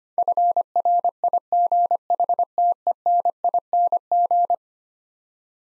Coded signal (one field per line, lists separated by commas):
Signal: Morse code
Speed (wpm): 25 wpm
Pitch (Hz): 700 Hz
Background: none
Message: FRIGHTENING